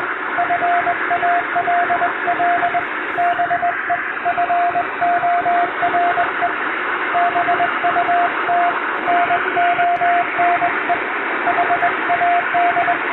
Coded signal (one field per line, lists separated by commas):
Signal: Morse code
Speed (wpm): 22 wpm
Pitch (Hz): 700 Hz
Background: radio noise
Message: FALL BEFORE BUT NONE HAD